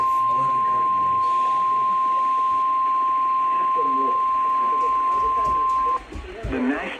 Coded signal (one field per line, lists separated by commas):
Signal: Emergency Alert System (SAME) tones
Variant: 1050 Hz attention tone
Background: speech